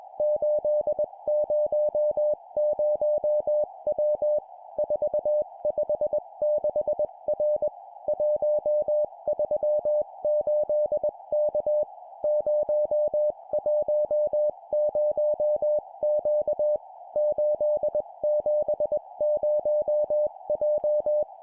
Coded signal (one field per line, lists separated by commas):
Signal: Morse code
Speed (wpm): 21 wpm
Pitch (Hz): 600 Hz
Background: music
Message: 800W 456R 138K 010Q 870J